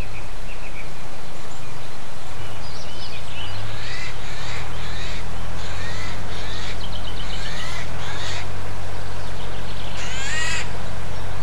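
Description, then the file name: Eurasian jay giving a series of fainter rasping calls followed by one louder harsh screech, over a heavy droning engine with scattered small-bird notes. Heard alongside a tractor on 10 April 2007, captured with an MZ-N710 recorder. "MZ-N 710 Geai et tracteur 10 04 07"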